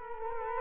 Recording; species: mosquito wingbeat signal from an infrared sensor; Culex quinquefasciatus